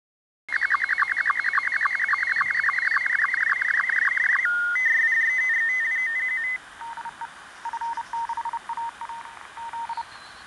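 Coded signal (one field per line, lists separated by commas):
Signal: SSTV (slow-scan television)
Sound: warbling image tone with rhythmic low blips, then steady and stepping header tones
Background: radio static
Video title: DroidSSTV on Android, SSTV decoding on 14230 KHz (01)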